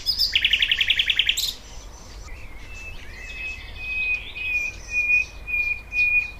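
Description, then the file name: Thrush nightingale song: a fast rattling burst of about a dozen sharp repeated notes, then a run of drawn-out, level whistles. "Sprosser"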